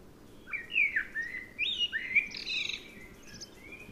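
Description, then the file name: Common blackbird producing a soft warbled phrase of liquid whistles followed by a scratchy high twitter, fairly quiet overall. "Turdus merula"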